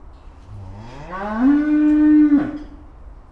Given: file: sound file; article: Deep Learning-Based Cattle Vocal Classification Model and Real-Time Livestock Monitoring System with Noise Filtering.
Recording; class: cattle; estrus call